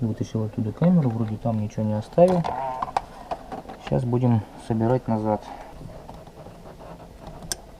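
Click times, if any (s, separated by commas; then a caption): 7.5 s. A pipe clamp on an air-conditioning line in a car engine bay is snapped closed while the lines are reassembled after the pipes were brazed. Someone talks for most of the clip, then after a quieter stretch the clamp seats with a sharp click at 7.5 s.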